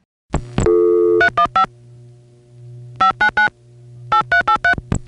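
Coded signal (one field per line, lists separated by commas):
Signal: DTMF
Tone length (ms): 100 ms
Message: 315 599 8383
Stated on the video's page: Long-distance telephone tones from a 1977 call from New York City to the 315 area code.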